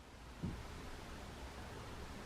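A memory card is being pressed and lined up into the card slot of a Vemont action camera, a tricky fit. Steady broadband hiss fills the clip, with a brief low thump near 0.4 s. The card has not clicked into place yet.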